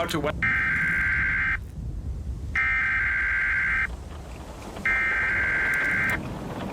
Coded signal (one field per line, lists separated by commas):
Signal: Emergency Alert System (SAME) tones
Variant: header bursts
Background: speech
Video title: eas scenario: ÇÚTÉ 🇭🇲 BÀLL (P2)